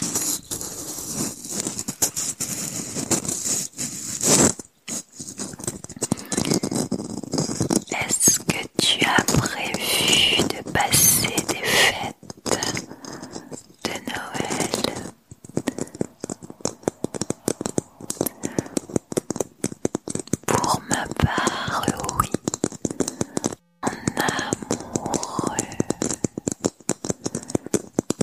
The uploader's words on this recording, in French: ASMR - Tapping et scratching sur mes décorations de Noël. Ce soir, j'ai décroché quelques décorations de mon sapin de Noël pour te faire profiter de leurs sons agréables ! Au programme, du tapping et du scratching plus ou moins intense.